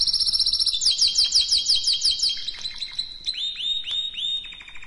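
Canary song: a fast series of high sweeping trilled notes, then slower down-slurred whistles, continuous and bright throughout.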